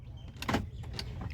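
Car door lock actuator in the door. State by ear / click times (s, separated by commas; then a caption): seated / 0.4 s, 0.5 s. With the driver door of a Maruti car held open and the key removed, the central lock/unlock button is pressed and the door lock actuators snap to locked. Short mechanical clicks are heard at 0.4 s and 0.5 s, followed by a few fainter knocks. The doors are confirmed locked, and someone talks.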